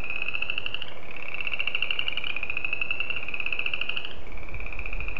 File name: Spring Peeper